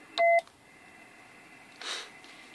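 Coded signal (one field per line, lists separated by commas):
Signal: roger beep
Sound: one short two-tone beep, faint lingering tones, then a brief burst of hiss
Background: radio static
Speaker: as soon as i d key uh from the 7,000 you should see the uh top light come on and you'll get the Roger ble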